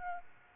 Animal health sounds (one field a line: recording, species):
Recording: mosquito wingbeat signal from an infrared sensor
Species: Aedes aegypti